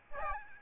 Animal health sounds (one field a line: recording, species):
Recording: mosquito wingbeat signal from an infrared sensor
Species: Aedes albopictus